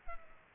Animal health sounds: mosquito wingbeat signal from an infrared sensor; Culex pipiens

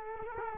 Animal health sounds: mosquito wingbeat signal from an infrared sensor; Culex quinquefasciatus

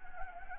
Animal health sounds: mosquito wingbeat signal from an infrared sensor; Anopheles gambiae

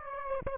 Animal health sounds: mosquito wingbeat signal from an infrared sensor; Aedes aegypti

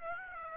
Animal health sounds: mosquito wingbeat signal from an infrared sensor; Aedes aegypti

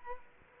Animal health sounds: mosquito wingbeat signal from an infrared sensor; Culex quinquefasciatus

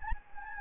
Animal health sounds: mosquito wingbeat signal from an infrared sensor; Anopheles gambiae

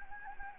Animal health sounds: mosquito wingbeat signal from an infrared sensor; Anopheles gambiae

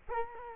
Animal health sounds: mosquito wingbeat signal from an infrared sensor; Culex quinquefasciatus

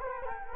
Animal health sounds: mosquito wingbeat signal from an infrared sensor; Culex quinquefasciatus

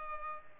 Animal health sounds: mosquito wingbeat signal from an infrared sensor; Culex pipiens

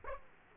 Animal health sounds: mosquito wingbeat signal from an infrared sensor; Aedes aegypti

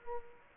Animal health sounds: mosquito wingbeat signal from an infrared sensor; Culex quinquefasciatus

